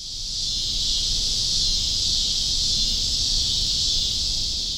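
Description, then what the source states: Cicadas giving a steady, high, hissing drone that holds without a break, with a faint low rumble underneath. Chicago; sing more in warmer weather and taper off as the weather cools; constant, heard as white noise by a resident.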